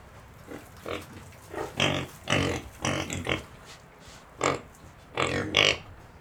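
Domestic pig breathing in loud, rough snorting bursts, irregular, several in quick succession, with quieter gaps between them.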